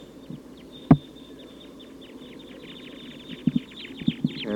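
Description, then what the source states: Red crossbill calls: a run of high chips that builds toward the end, with a few low knocks. Call type 2; flock of about 14 birds flying over.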